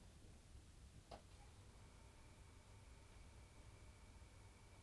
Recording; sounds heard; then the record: poultry house recording; no chicken sound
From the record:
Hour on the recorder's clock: 1